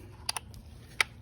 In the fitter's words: just like that you have to turn it and it locks